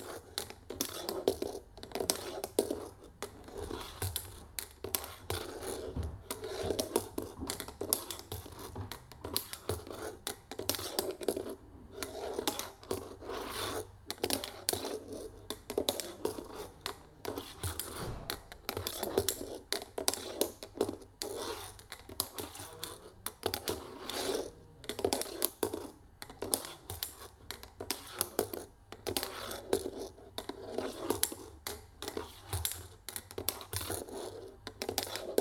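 A small kinetic drawing machine runs on its own, producing a dense, restless stream of quick clicks, taps and scratches that never settles into a strict rhythm. The sound is fairly bright, with a faint low hum underneath throughout.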